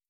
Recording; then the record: hydrophone in a shrimp aquaculture tank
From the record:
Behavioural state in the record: starved